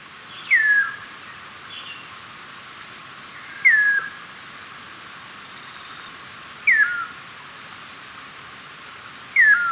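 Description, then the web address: Chestnut-crowned Antpitta calling: a clear whistled note slurring downward, repeated four times at roughly three-second intervals over a steady soft background hiss. Ecuador. "Birds of Ecuador Chestnut-crowned Antpitta"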